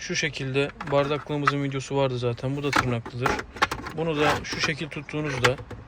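Someone talks while handling a 3D-printed plastic cup holder insert with snap tabs, about to press it into the covered storage compartment in the center console of a Citroen C5. Nothing has seated or clicked yet.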